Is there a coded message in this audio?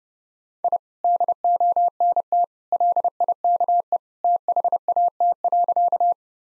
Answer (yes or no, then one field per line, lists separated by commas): yes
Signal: Morse code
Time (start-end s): 0.6-6.1 s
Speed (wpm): 30 wpm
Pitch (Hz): 700 Hz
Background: none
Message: I DONT LIKE THAT.